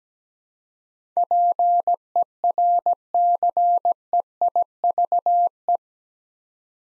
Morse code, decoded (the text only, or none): PERCEIVE